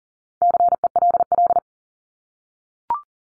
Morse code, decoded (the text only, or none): CELL